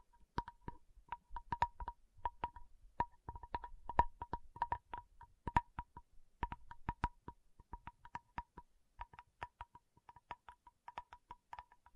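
A tapping session with quick, uneven bursts of light taps that come and go across the whole stretch. Each tap is sharp and clicky, carrying a faint ringing tone, with some taps landing harder than others. No voices are heard.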